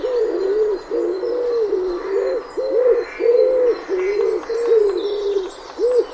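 Common wood pigeon cooing steadily, a run of low, rounded, hollow notes repeated many times, with faint high twittering from other birds in the background.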